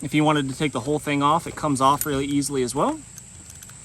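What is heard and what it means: Someone talks for about three seconds while handling the detachable buckle piece of a belt, which comes off and is being brought back onto the belt. Two faint, short ticks follow at about 3.5 and 3.6 seconds in the otherwise quiet tail. The buckle has not yet snapped back into place.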